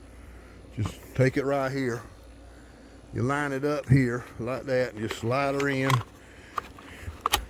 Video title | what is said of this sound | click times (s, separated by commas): Battery weed eater and mower | just snaps in place | 7.3 s